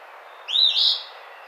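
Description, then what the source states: Eastern phoebe giving a single raspy two-part song phrase, a rising burry note followed by a harsher buzzy second part, over steady soft background hiss. Recorded 28 April 2009.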